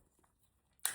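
A small gray plastic lens-retaining tab on the frame of a JT Proflex QLS goggle is turned inward to free the lens latch. After near silence, a sharp, short click sounds at 0.9 s as the tab clicks open and the lens latch is released.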